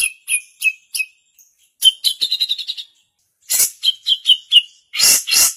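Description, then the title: Grey-cheeked bulbul giving scattered sharp chirps and short chattering runs, with harsh noisy bursts near the end. Female. "Cucak Jenggot Betina"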